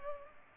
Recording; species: mosquito wingbeat signal from an infrared sensor; Culex pipiens